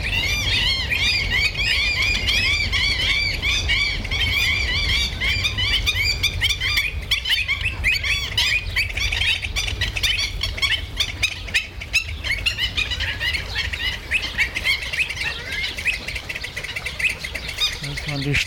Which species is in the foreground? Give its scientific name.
Himantopus himantopus